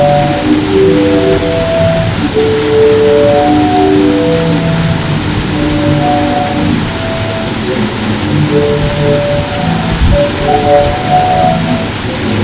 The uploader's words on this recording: This simple, gentle arrangement of the sound of a waterfall in Iceland provided by Cities and Memory: Music for Sleep mixed with a Croatian sea organ provided by Adam Danz ( freesound.org ) works like a lullaby. Field recording of an Icelandic waterfall.